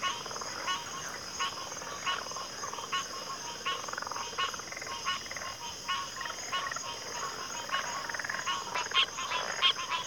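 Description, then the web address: Crickets trilling in a steady, continuous high-pitched chorus, overlaid by rapid, pulsed croaking calls that could be frogs, repeating irregularly throughout. Chorus of crickets in a backwater. "Sleep Sounds of Nature CRICKETS. Backwater Chorus"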